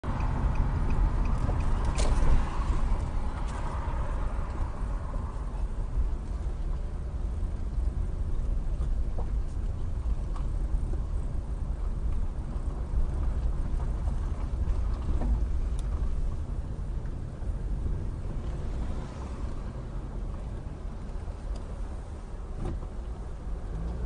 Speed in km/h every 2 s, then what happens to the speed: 10, 6, 8, 10, 10, 10, 10, 11, 13, 13, 8, 8.
0-24 steady at about 10.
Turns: 6-16, 18-24.